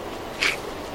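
One brief, hissy, high-pitched burst about a sixth of a second long: a marine iguana's sneeze.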